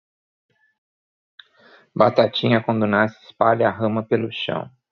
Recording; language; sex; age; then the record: short text; Brazilian Portuguese; male; 50 to 59 years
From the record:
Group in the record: control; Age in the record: 53 years